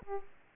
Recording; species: mosquito wingbeat signal from an infrared sensor; Aedes aegypti